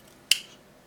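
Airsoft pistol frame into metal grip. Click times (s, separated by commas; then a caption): 0.3 s. An airsoft pistol frame is pressed into an aftermarket metal grip. A single sharp snap at 0.3 s, bright in the upper frequencies with a short ringing tail, breaks an otherwise quiet moment. The frame seats in the grip.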